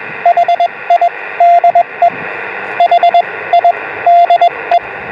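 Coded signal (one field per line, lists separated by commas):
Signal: Morse code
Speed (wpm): 21 wpm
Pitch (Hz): 690 Hz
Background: radio noise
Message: HI DE H I DE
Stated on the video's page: Portable operation with an end-fed zig zag antenna on 24 and 28 MHz to Japan, and on 50 MHz including DX.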